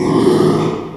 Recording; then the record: squeal of a Yucatan mini pig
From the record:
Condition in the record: after surgery on the right vocal fold (resection and tissue-engineered implant); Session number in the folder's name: 1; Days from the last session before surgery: 6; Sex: male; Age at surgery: 12 weeks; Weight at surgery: 13 kg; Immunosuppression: cyclosporine, prednisolone